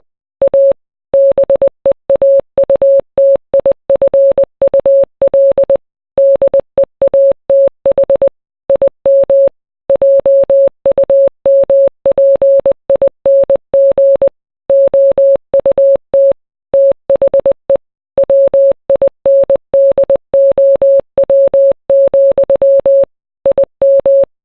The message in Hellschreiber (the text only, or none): none